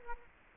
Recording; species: mosquito wingbeat signal from an infrared sensor; Culex quinquefasciatus